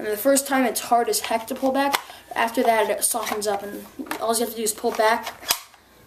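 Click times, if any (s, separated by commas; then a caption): 5.5 s. Someone talks while pulling back the plastic cocking handle of an M160-B2 spring airsoft sniper rifle, which is stiff the first time and softens after. At 5.5 s the spring piston catches with a sharp click, seating the handle in the cocked position, and it is then let slide back.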